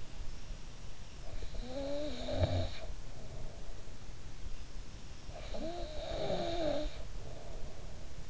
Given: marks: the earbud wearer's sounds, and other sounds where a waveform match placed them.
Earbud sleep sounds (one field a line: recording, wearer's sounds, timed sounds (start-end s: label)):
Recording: sounds in sleep by an in-ear microphone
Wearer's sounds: snoring breath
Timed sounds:
1.22-3.69 s: snoring breath
5.15-8.30 s: snoring breath